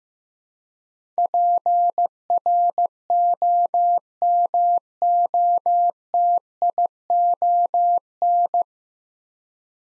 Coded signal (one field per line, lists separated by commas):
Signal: Morse code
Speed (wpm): 15 wpm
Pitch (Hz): 700 Hz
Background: none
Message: PROMOTION